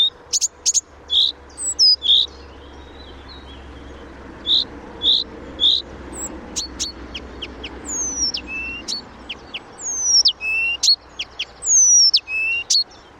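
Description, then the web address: Blyth's reed warbler song: short chirpy notes each repeated two or three times, then clicks and long descending whistles, delivered in a slow, varied sequence. "chant didier collin rousserolle des buissons"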